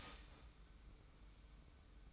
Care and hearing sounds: daily activity, microphone in the room; start toaster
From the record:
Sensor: 1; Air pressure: 990.7 hPa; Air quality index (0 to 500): 144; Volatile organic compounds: 856 ppm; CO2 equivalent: 5175 ppm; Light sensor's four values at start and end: 22/52/22/24 and 22/52/22/24

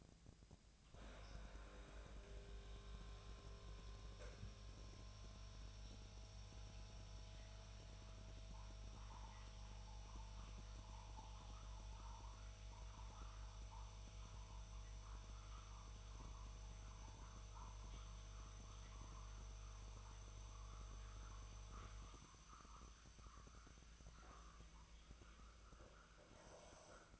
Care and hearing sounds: daily activity, microphone in the room; make coffee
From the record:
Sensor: 2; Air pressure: 1000.1 hPa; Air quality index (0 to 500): 136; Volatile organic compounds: 2 ppm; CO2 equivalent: 1156 ppm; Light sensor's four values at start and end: 25/60/26/29 and 26/63/27/30

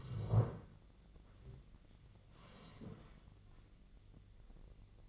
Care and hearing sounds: daily activity, microphone in the room; sit down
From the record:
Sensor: 4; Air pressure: 1013.1 hPa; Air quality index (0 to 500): 171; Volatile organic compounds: 2 ppm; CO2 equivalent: 1084 ppm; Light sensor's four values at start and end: 53/131/55/59 and 53/131/55/60

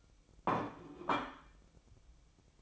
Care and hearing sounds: daily activity, microphone in the room; place plate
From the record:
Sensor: 1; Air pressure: 1007.5 hPa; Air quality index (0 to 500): 77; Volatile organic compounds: 1 ppm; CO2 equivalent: 665 ppm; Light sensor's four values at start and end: 8/18/7/8 and 8/18/7/8

